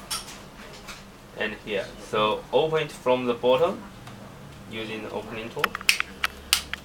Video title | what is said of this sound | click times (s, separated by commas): Video Instruction for Blackberry 9700 LCD Screen Replacement | can hear a little click coming | 6.0 s, 6.2 s, 6.5 s, 6.7 s